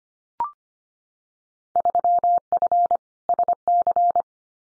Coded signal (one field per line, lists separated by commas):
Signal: Morse code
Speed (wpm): 25 wpm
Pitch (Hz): 700 Hz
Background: none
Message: 3F SC